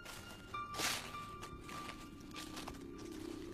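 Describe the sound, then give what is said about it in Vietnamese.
Footsteps crunch through dry leaves as someone walks up from behind a person fighting a large fish, a slow, uneven series of crackling, rustling steps drawing nearer, with a faint steady hum running underneath and no voices. “Đang mải miết chiến đấu cùng với con cá thì bất chợt thằng Béo cảm giác hình như là ở đằng sau mình có tiếng bước chân, có ai đó dẫm lên lá khô đi lại gần.”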